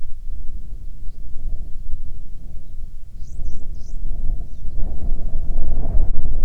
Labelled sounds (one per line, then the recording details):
bird
wind
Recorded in the Arctic National Wildlife Refuge, Alaska, on 9 July 2019 at 22:17
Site 48